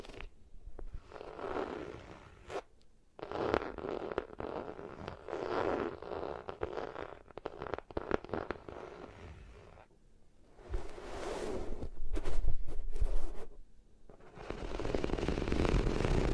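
Close rubbing against different materials right at the ears, in bursts of dense scraping and scratching with short pauses between them. The texture shifts from softer brushing to harsher, brighter friction around the middle, with a deep rumbling thump underneath the strokes.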